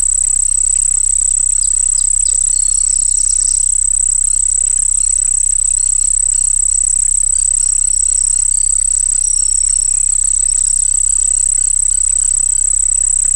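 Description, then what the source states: Cricket chorus: an unbroken shrill trill holding steady throughout, dotted with faint chirps, over a low droning hum. Crickets singing by a pond.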